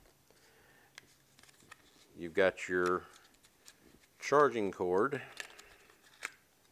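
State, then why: Not seated. A magnetic charging cable's connector is handled near the base of an Olight Obulb, a small rechargeable light bulb, while someone talks. Faint ticks and light handling sounds occur around 1.0, 1.7 and 6.3 seconds. Nothing has snapped on or seated yet by the end.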